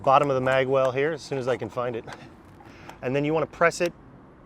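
A plastic airsoft magazine is being pressed up into the bottom of the mag well of a CYMA VSR-10 airsoft sniper rifle, which must latch with a deeper click so BBs can load into the hop-up chamber. Someone talks throughout, with faint handling and background noise between phrases. The magazine is still being handled and has not seated or clicked yet.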